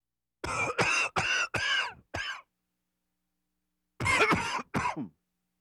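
An adult man gives a run of five short, harsh coughs, a pause of about a second and a half, then two more bursts. The coughs are abrupt and noisy with a slightly throaty, clearing quality, consistent with an ordinary adult cough.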